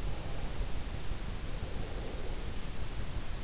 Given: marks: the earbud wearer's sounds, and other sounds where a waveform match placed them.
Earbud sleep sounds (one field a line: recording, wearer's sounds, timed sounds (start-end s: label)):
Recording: sounds in sleep by an in-ear microphone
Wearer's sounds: breath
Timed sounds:
0.04-2.99 s: breath